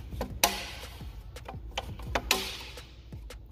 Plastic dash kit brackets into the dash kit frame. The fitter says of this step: But with the B's on the top and the H on the bottom, this thing should just snap into place.